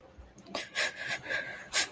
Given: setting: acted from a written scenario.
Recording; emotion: vocal sound without words; sadness